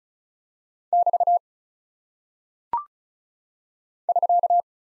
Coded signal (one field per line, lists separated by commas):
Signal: Morse code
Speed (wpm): 36 wpm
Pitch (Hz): 700 Hz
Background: none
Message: <BT> <SK>